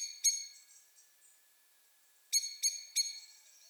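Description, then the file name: Common blackbird calls: a single hard, ringing chink, a long gap, then three more sharp chinks in quick succession. "Turdus merula"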